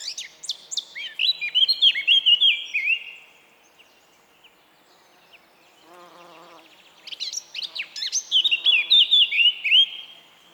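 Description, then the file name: Eurasian blackcap song, two lively phrases of chattering warbles ending in fluty whistles, with a short buzzing sound in the pause between them. "Sylvia atricapilla"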